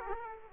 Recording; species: mosquito wingbeat signal from an infrared sensor; Aedes aegypti